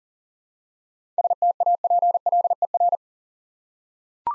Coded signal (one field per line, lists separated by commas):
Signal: Morse code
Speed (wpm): 42 wpm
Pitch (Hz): 700 Hz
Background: none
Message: STAPLER